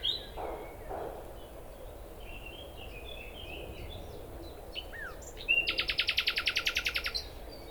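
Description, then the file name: Common nightingale song: soft twittering, then a sudden loud, rapid trill of harsh, even pulses lasting under two seconds. "Luscinia megarhynchos"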